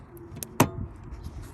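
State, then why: Seated. On a 2017 Honda CR-V AWD being converted from halogen to LED bulbs, the wiring harness plug is pushed onto the base of the new LED low-beam bulb in the projector headlight until it snaps. A sharp click at 0.4 s is followed by a louder snap at 0.6 s, with only faint handling noise around them. The connector is seated and locked on the bulb.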